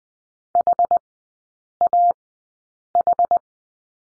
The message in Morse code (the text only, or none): HAH